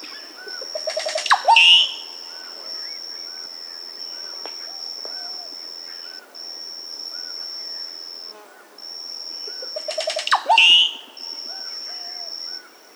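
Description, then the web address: Dusky-green oropendola song heard twice, each a fast rising burst of gurgles ending in a loud squealing note, over a high whine that breaks off now and then and scattered soft calls from other birds. South America. "Natures Songs S America Dusky-Green Oropendola"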